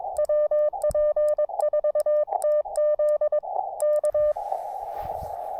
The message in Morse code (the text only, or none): WP4TZ K